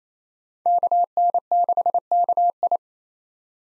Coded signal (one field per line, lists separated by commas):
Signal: Morse code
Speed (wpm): 28 wpm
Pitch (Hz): 700 Hz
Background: none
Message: KN6KI